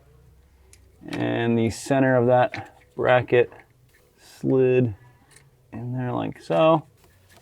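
The center of a plastic bumper wiring harness bracket is slid into its mount behind the front bumper of a 2019–2026 BMW G05 X5 / G06 X6 while the upper and lower active grille shutters are being replaced. Someone talks throughout over a quiet background. The clip ends before the bracket goes home; nothing has seated or clicked yet.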